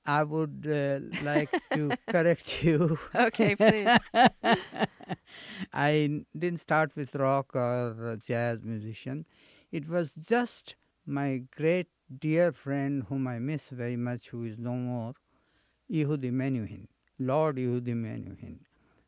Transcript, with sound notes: I would like to correct you...
OK. Please.
(LAUGHTER)
I didn't start with rock or jazz musicians. It was just my great dear friend whom I miss very much who is no more, Yehudi Menuhin,